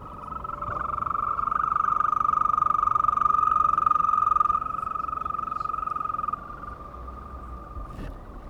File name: Ropucha zielona krótki Cytadela 02 04 2017